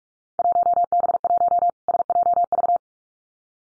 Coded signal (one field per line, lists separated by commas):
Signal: Morse code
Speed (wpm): 46 wpm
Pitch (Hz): 700 Hz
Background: none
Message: 1B1 SJV